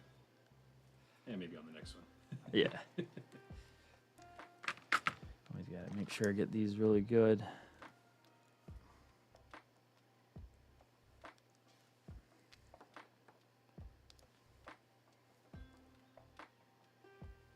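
Someone talks while handling an RJ45 network connector on a braided network cable in a hand crimp tool, with a few sharp knocks around the talk and then a run of quiet, regularly spaced ticks in near silence. Nothing has seated or clicked yet; the crimp is not yet complete.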